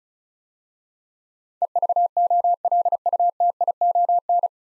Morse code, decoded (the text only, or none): EVOLUTION